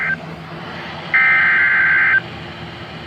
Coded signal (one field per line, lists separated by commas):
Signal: Emergency Alert System (SAME) tones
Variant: header bursts